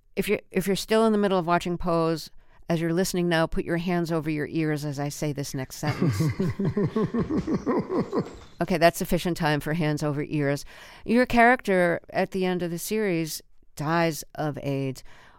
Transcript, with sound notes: if you're still in the middle of watching "Pose" as you're listening now, put your hands over your ears as I say this next sentence.
(Laughter).
OK, that's sufficient time for hands over ears. Your character, at the end of the series, dies of AIDS.